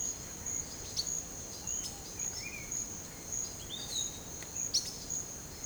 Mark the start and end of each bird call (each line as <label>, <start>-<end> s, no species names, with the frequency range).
bird call (3.0-6.4 kHz), 0.92-1.07 s
bird call (1.1-4.3 kHz), 1.59-2.70 s
bird call (2.5-4.9 kHz), 3.61-4.18 s
bird call (2.1-6.7 kHz), 4.72-4.92 s